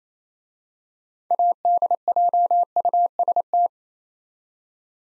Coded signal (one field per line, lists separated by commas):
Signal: Morse code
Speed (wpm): 27 wpm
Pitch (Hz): 700 Hz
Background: none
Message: ADJUST